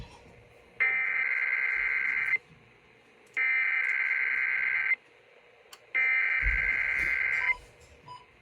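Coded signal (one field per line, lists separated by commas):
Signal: Emergency Alert System (SAME) tones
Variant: header bursts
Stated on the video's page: EAS test from a broadcast station plus hobbyist relays.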